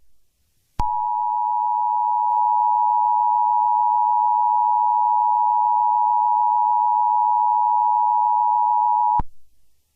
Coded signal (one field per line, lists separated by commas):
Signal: Emergency Alert System (SAME) tones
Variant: 853 and 960 Hz attention tone